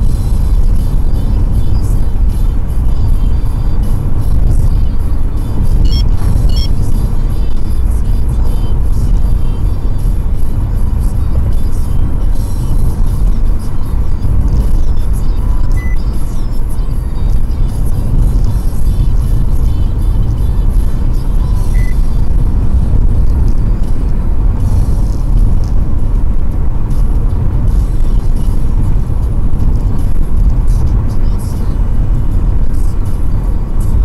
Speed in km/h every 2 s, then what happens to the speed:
90, 91, 90, 90, 90, 91, 92, 91, 91, 92, 90, 94, 96, 96, 96, 93, 93.
0-34 steady at about 91.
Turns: none.